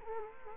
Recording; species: mosquito wingbeat signal from an infrared sensor; Culex quinquefasciatus